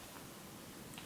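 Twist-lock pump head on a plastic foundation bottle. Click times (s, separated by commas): 1.0 s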